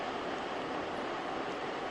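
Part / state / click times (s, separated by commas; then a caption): servo gear onto keyed servo shaft / not seated / none. A servo gear with an oblong key is handled and turned to line it up with the keyed servo shaft of a DS510 during a repair, under steady, loud rain noise. No click is heard, and the gear has not seated or clicked in yet.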